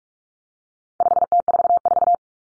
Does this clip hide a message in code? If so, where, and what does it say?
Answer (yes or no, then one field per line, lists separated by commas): yes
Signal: Morse code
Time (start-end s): 1.0-2.1 s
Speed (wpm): 44 wpm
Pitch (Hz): 700 Hz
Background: none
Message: 5T44